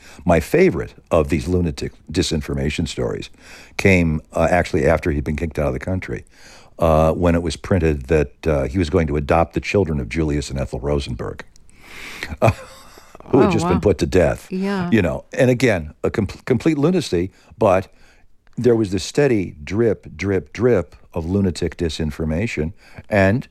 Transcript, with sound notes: My favorite of these lunatic disinformation stories came, actually, after he'd been kicked out of the country, when it was printed that he was going to adopt the children of Julius and Ethel Rosenberg (laughter)...
Oh, wow.
...Who had just been put to death, you know?
Yeah.
And again, complete lunacy, but there was this steady drip, drip, drip of lunatic disinformation.